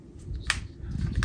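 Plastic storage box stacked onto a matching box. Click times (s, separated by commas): 0.5 s, 1.2 s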